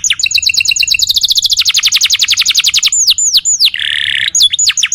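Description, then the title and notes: Canary song: rapid trills of high downslurred notes, then slower swooping whistles, a brief buzzy burst and a few more notes, loud and continuous. Young canary, long-duration song used for training other birds (masteran). "Pancingan Kenari Muda Durasi Panjang. masteran kenari"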